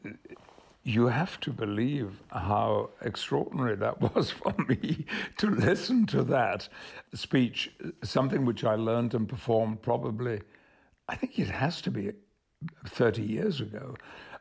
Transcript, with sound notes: You have to believe how extraordinary that was for me (laughter) to listen to that speech, something which I learned and performed probably - I think it has to be 30 years ago.